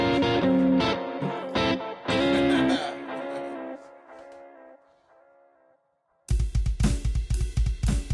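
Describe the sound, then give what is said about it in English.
Heavily distorted rock music blares with dense guitar chords, thins into sustained, fading tones, drops briefly to silence, then crashes back in with loud, pounding, rhythmic riffs. “We want rock! We want distortion!”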